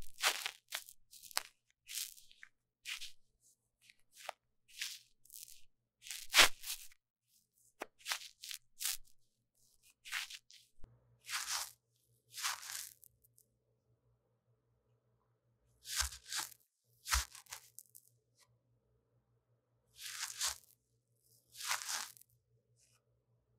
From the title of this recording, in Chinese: 麥克風耳朵深度清潔